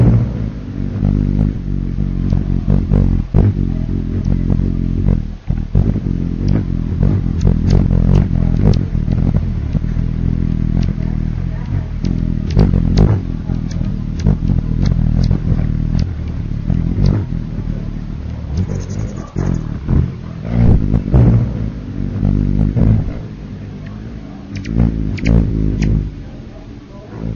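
Hummingbird wings make a dense, low whirring buzz that fills the whole recording at a steady level, with a rumbling, engine-like texture. Sharp ticks and flicks cut through it irregularly and often. A brief dip comes near five seconds, and the top end sounds muffled throughout.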